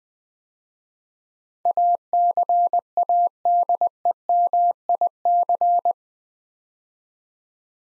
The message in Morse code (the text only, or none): ACADEMIC